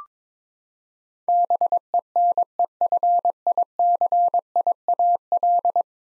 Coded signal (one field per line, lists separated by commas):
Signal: Morse code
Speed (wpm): 22 wpm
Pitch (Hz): 700 Hz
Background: none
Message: BENEFICIAL